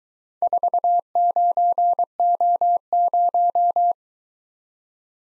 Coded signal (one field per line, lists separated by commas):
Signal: Morse code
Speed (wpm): 22 wpm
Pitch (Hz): 700 Hz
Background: none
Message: 49O0